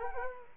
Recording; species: mosquito wingbeat signal from an infrared sensor; Culex quinquefasciatus